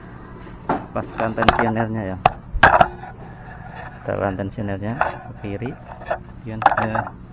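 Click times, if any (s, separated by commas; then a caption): none. A cam chain tensioner is being fitted into the engine cylinder block of a Yamaha Mio J scooter, which stalled from lost compression because its valve clearance tightened by itself when hot, and the tensioner is turned to the left. Someone talks while a few short, sharp handling knocks sound, the loudest near 2.6 s. Nothing has seated or clicked yet.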